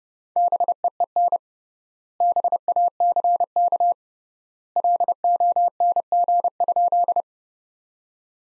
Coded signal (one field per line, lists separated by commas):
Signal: Morse code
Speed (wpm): 29 wpm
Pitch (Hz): 700 Hz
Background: none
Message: BEEN BACK LONG?